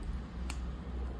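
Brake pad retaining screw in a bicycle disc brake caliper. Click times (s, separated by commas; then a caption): 0.5 s. A brake pad retaining screw is unscrewed from a Shimano bicycle disc brake caliper while pressure is kept on it, over a steady low background hum. At 0.5 s the screw pops free as its last thread disengages, giving one short, sharp tick, and the screw is released.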